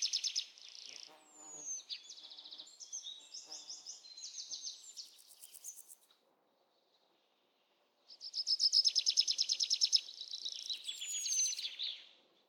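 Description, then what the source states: Birds singing a jumble of high chattering phrases and trills, a short silence, then a loud rapid trill and further twittering. Birds in the jungle.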